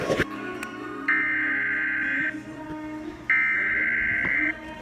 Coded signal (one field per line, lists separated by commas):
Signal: Emergency Alert System (SAME) tones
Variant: header bursts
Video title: Flash Flood Warning EAS #114